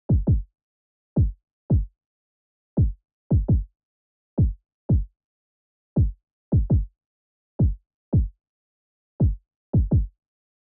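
Clean, low, dull thumps with no background noise, falling about every half second. Some arrive as close double beats in a repeating lub-dub pattern. The pace is a fast heartbeat of about 112 beats a minute.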